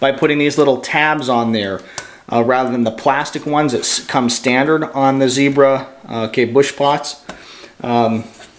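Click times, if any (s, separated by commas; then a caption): none. Someone talks about little stainless steel tabs fitted to the lid of a Zebra bush pot in place of the plastic ones that come standard, so the metal lid locks onto the pot and won't pop off when the pot is rotated while cooking like an oven. Only talking is heard, and nothing has seated or clicked yet.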